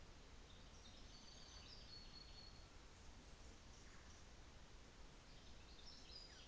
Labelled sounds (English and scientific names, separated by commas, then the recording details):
New Zealand Fantail (Rhipidura fuliginosa)
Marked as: faintness 5/5
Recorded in New Zealand on 24 December 2018
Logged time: 15:45